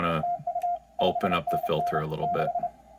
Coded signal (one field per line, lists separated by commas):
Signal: Morse code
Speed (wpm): 32 wpm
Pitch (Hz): 700 Hz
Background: speech, radio noise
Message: TU 5NN 6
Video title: CW Filters and Tuning Stations